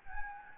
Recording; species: mosquito wingbeat signal from an infrared sensor; Anopheles gambiae